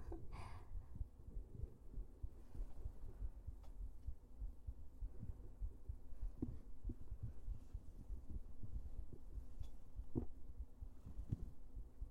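An adult's heartbeat heard through a stethoscope. The beat is fast, with low, muffled thuds over a steady low background hum.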